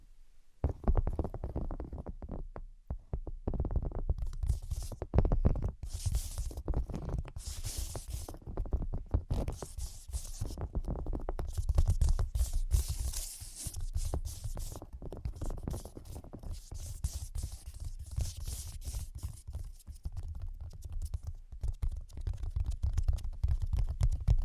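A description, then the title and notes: Fast, dense tapping and scratching runs almost without pause after a brief silent start, over a deep rumbling layer with recurring bright hissy bursts. Brain Penetrating 3D Tapping.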